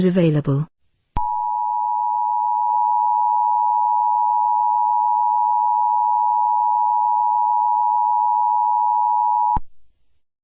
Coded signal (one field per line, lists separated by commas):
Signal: Emergency Alert System (SAME) tones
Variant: 853 and 960 Hz attention tone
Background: speech